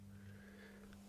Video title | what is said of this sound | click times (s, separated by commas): Why You Shouldn't Buy the Bachmann Class B1 - Unboxing & Review | I heard a little snap is that the coupling hook dropping y I think it was all right very nice | 0.9 s